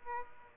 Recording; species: mosquito wingbeat signal from an infrared sensor; Aedes albopictus